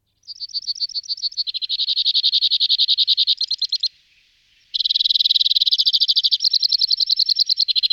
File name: Krivka belokridla Loxia leucoptera